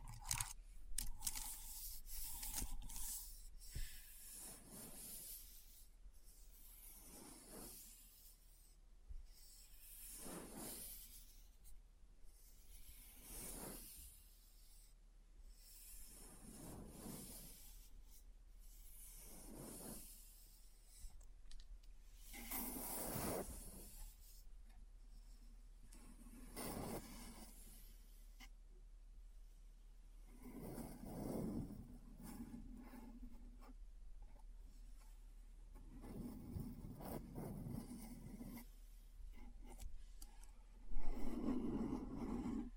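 Keyboard sounds in an ASMR style, made of soft rubbing and tapping bursts that come in irregular clusters every second or two. The strokes are hushed and bright, with a steady low hum underneath and a louder scrape near the end.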